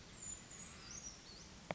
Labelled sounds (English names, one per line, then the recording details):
Brown Creeper
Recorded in Sonoma County, California